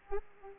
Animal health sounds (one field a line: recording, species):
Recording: mosquito wingbeat signal from an infrared sensor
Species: Aedes aegypti